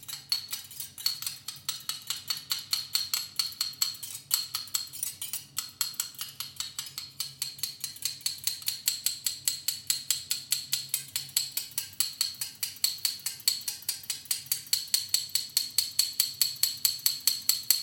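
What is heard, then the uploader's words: A dinner fork, spoon and knife are played like rhythm instruments, tapping out a fast, steady pulse of bright metallic clicks that runs the whole way through. The strikes stay dense and even, growing slightly sharper toward the end, over a faint low hum. Silverware as rhythm instruments. I use a dinner fork, spoon and knife as if they were rhythm instruments.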